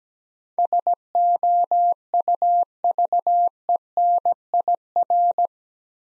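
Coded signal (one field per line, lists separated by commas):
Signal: Morse code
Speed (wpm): 17 wpm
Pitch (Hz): 700 Hz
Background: none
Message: SOUVENIR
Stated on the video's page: Morse code practice set of easy words with contextual hints at 17 wpm.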